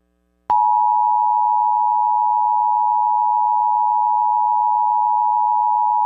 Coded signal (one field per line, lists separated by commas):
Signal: Emergency Alert System (SAME) tones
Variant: 853 and 960 Hz attention tone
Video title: EAS MOCK 44- AMBER ALERT ANNE ARUNDEL COUNTY MARYLAND